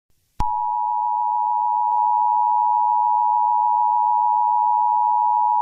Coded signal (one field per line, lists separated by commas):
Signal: Emergency Alert System (SAME) tones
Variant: 853 and 960 Hz attention tone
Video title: (EAS ALERT) Ethanthebestboi Aka TehStonkifier They Nuked the Discord Servers & Don't Click Any Link